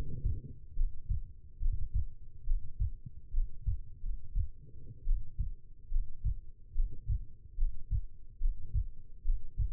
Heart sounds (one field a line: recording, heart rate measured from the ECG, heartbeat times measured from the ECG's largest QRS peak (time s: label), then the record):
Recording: heart sounds by stethoscope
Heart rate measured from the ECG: 71 bpm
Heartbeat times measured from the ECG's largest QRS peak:
0.75 s: heartbeat
1.60 s: heartbeat
2.45 s: heartbeat
3.32 s: heartbeat
4.01 s: heartbeat
5.05 s: heartbeat
5.90 s: heartbeat
6.73 s: heartbeat
7.56 s: heartbeat
8.39 s: heartbeat
9.23 s: heartbeat
From the record:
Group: healthy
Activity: Valsalva maneuver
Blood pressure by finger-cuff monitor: 103/68 mmHg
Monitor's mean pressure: 76 mmHg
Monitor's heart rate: 72 bpm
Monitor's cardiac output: 5.1 L/min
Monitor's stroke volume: 73 mL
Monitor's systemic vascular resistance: 990 dyn s/cm5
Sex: female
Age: 22 years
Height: 171 cm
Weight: 65.6 kg